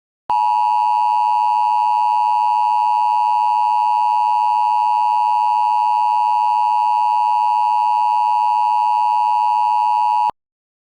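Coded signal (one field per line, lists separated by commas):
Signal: Emergency Alert System (SAME) tones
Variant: 853 and 960 Hz attention tone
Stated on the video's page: Simulated mock evacuation immediate alert test.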